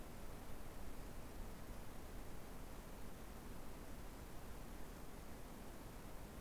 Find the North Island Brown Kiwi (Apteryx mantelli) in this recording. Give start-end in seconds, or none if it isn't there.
none